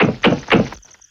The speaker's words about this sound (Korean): 그날 밤 자신의 오두막에서 자고 있던 연주자는 노크 소리를 들었어요.